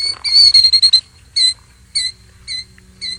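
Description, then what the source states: Killdeer calling, a quick run of shrill piping notes followed by four single sharp high notes spaced about half a second apart. Recorded at Grant-Kohrs Ranch National Historic Site, Montana.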